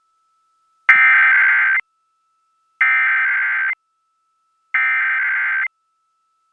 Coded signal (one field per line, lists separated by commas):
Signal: Emergency Alert System (SAME) tones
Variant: header bursts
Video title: [EAS #2011-#2017] The Final Set of Tests of 2022 (12/27/22 - 12/31/22)